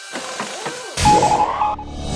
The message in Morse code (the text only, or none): none